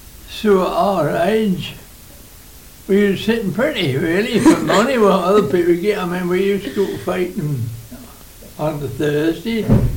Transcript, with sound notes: So at our age, we were sitting pretty really. [laughs] For the money, I mean, what other people would get. I mean we used to go to [Wighton?] on the Thursday.